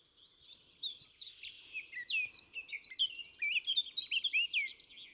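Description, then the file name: Eurasian blackcap song, a continuous rich warble of quick scratchy notes and loud, fluty, slurred whistles. "Sylvia atricapilla"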